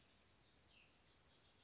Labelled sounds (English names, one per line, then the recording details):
Cassin's Vireo
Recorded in Sonoma County, California